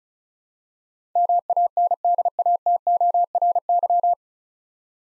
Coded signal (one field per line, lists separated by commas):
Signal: Morse code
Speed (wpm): 36 wpm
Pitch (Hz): 700 Hz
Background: none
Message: MANDATORY